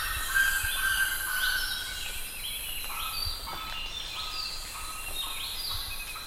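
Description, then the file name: Bird calls: rising whistled notes in a loose series, with lower chirps and a constant hiss in the background. "SABIOD 50 bird 2015"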